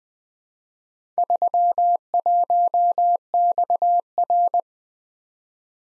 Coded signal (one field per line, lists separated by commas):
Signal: Morse code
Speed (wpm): 20 wpm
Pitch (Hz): 700 Hz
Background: none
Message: 31XR